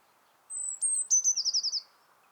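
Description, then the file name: Eurasian blue tit song: two thin, very high sustained notes followed by a rapid trill of several notes, over low steady background noise. "Cyanistes caeruleus"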